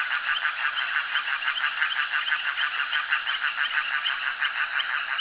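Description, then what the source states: Frogs calling in chorus, throaty pulsed croaks overlapping at a quick, regular pace of about three each second. Frogs calling at a jetty.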